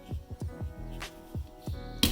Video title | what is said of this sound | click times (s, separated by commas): Money Saving DIY Projects For 2008 Prius | Snaps into place. | 2.0 s